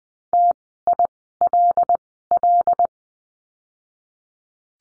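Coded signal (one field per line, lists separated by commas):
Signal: Morse code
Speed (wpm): 20 wpm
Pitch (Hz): 700 Hz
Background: none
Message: TILL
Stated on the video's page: Morse course lesson on the letter L, words sent at Farnsworth speed of 20/10 wpm.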